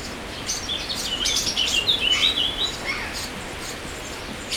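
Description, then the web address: Birds giving a run of quick high chirps and thin warbling notes over a steady background hiss. Birds in an aviary at Jászberény Zoo, recorded in 2016. "allathangok jaszberenyizoo 2016 madarak"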